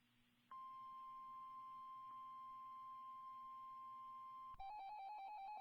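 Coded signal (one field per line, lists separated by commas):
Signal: Emergency Alert System (SAME) tones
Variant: 1050 Hz attention tone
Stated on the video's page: Flash flood watch SAME alert from NOAA weather radio station WWG75, Honolulu forecast office.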